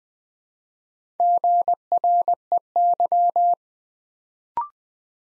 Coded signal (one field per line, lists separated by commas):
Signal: Morse code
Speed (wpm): 20 wpm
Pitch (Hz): 700 Hz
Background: none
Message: GREY